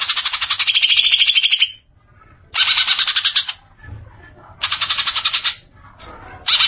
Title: Cucak ijo